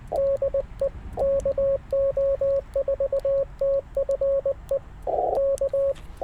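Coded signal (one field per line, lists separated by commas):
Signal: Morse code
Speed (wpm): 19 wpm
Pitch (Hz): 550 Hz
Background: radio noise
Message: DE KO4TFE K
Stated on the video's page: CW Parks on the Air activation, multi-operator.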